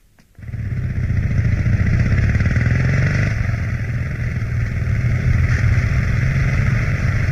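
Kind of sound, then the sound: vehicle, motorcycle engine driving off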